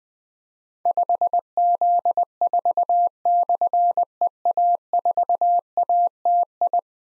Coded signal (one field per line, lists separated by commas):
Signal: Morse code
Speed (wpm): 20 wpm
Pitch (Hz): 700 Hz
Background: none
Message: 5Z4/EA4ATI